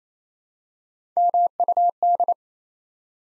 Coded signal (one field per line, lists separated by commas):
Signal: Morse code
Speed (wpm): 27 wpm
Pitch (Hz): 700 Hz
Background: none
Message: MUD